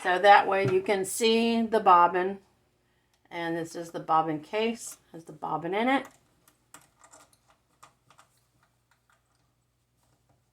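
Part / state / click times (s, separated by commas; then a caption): bobbin case into sewing machine hook assembly / not seated / none. Someone talks for about the first six seconds while handling the metal bobbin case, with the bobbin inside it, at the hook assembly of a vintage JCPenney Model 0104 heavy-duty metal sewing machine. A small lever is used to snap the case in. After the talking stops, a few short, sharp clicks and taps come from the handling, the loudest at about 6.7 s and 7.8 s. Nothing has seated or clicked into place yet.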